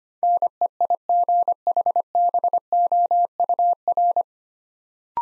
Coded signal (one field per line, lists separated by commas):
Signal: Morse code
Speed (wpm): 25 wpm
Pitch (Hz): 700 Hz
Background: none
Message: NEIGHBOUR